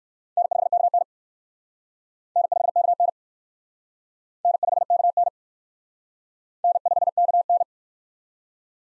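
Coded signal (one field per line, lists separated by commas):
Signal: Morse code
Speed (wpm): 54 wpm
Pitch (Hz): 700 Hz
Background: none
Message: N5KN N5KN N5KN N5KN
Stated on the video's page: Morse practice of USA 1x2 call signs, starting fast and slowing to a base speed; fastest is 1.5 times slowest, with a final repeat at maximum speed.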